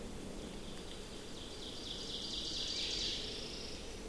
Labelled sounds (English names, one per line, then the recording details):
Ovenbird song
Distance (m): 65 m
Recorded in boreal forest in Alberta, Canada, on 28 May 2016 at 07:15
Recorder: SongMeter 3, array SBT-3-49
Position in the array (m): 31 m, 185 m
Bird 15